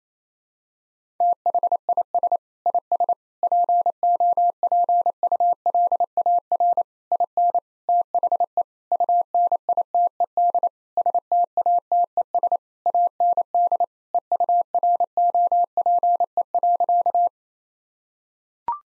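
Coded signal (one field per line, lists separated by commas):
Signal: Morse code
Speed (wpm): 28 wpm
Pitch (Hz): 700 Hz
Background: none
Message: THIS IS POPULAR IN THE UNITED STATES AND EUROPE.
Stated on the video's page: Morse practice at 28 WPM of sentences containing common five-word phrases, for head-copy training.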